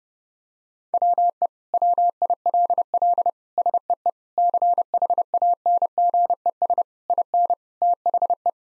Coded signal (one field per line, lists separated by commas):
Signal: Morse code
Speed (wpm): 30 wpm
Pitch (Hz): 700 Hz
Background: none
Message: WE WILL SEE CHANGES IN THE